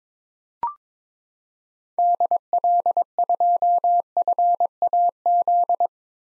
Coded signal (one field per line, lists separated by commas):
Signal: Morse code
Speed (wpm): 22 wpm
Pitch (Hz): 700 Hz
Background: none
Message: DL2FAZ